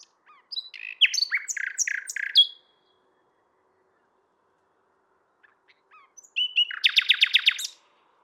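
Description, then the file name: Common nightingale song: a jumble of quick chirps and clicks, a long silence, then a rapid pulsing trill. "Luscinia megarhynchos"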